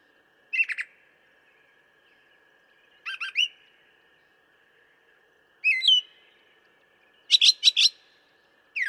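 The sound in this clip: Brown thrasher song: short bursts of varied, slurred notes, often doubled, with a faint steady tone underneath.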